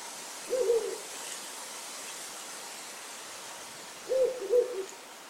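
Ural owl giving deep hoots, a short doubled hoot near the start and another about three and a half seconds later, over a steady hiss of background noise.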